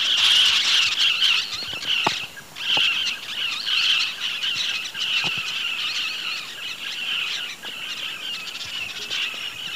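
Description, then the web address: Scarlet-shouldered Parrotlet flock flight calls: shrill, overlapping squeals and chattering notes throughout, loudest at the start. Flock in flight giving flight calls, eastern lowlands of South America. "Natures Songs S America Eastern Lowlands Touit huetii, flock flight calls"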